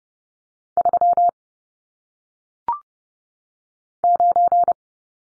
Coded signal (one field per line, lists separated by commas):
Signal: Morse code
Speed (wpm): 30 wpm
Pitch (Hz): 700 Hz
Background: none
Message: 3 9